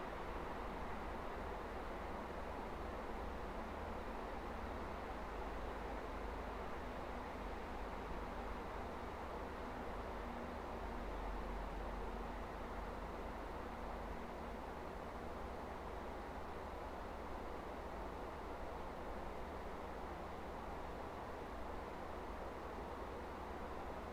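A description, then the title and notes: Outdoor ambience at Kirkstall Abbey, dominated by a steady, dense rumble of traffic that holds an even level throughout. The sound is low and full, with a faint droning tone running beneath it through the middle stretch and no distinct separate events. Kirkstall Abbey. Leeds.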